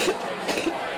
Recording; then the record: coughing mixed with background sound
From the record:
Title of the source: 61 morning phlegmy cough...again